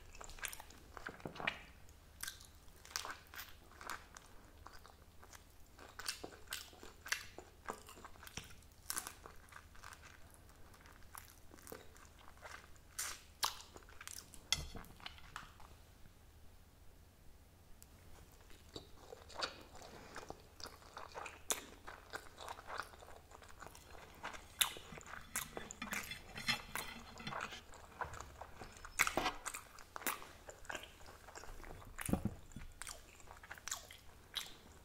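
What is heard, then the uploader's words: Sushi being eaten, with steady soft chewing and frequent sharp clicks and crunchy bites scattered throughout. A brief quieter pause comes around sixteen seconds, then the wet chewing and clicks pick up again, with a loud bite near thirty-two seconds. ASMR SUSHI EATING SOUNDS.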